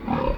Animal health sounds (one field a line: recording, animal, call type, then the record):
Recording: contact call of a hoofed animal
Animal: wild boar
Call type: grunt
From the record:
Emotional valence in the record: negative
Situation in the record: naturally occurring agonistic interactions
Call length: 0.38 s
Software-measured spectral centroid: 1170 Hz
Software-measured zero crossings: 1050 a second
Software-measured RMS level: -24 dBFS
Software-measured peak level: -12 dBFS